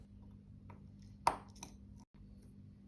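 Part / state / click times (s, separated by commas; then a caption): cannon pinion onto the center wheel arbor of a mechanical watch movement / seated / 1.3 s. A steel cannon pinion is pressed by friction fit, not screwed down, onto the center wheel arbor of a vintage AS 970 mechanical watch movement from a damaged Alpha watch being restored. Over a steady low hum, a few faint ticks come around 0.7 s and 1.6 s, and a sharp, bright snap at 1.3 s marks the pinion seating home.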